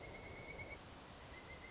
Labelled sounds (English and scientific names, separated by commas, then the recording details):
Pileated Woodpecker (Dryocopus pileatus)
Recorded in Sonoma County, California